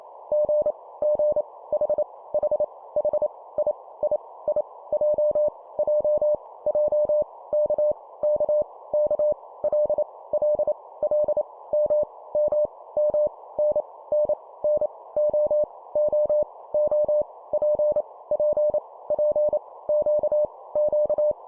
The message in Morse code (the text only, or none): G G H H H I I I J J J K K K L L L M M M N N N O O O P P P Q Q